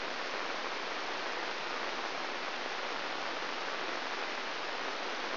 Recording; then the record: brain microelectrode recording played as sound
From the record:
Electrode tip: inside the subthalamic nucleus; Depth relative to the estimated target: -2 mm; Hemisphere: right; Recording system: AlphaMap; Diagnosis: Parkinson's disease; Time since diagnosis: 12 years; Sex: female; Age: 56 years